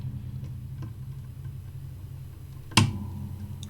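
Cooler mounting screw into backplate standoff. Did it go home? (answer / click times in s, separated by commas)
yes / 2.8 s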